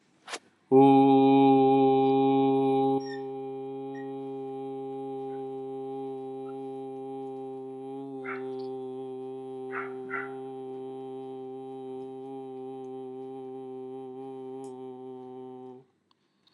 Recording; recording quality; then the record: sustained vowel as in boot; moderate, slight background noise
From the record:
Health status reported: healthy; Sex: male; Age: 24 years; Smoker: yes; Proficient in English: yes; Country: India